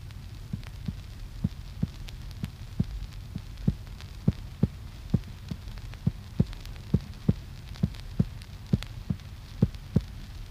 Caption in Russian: Нормальные тоны сердца.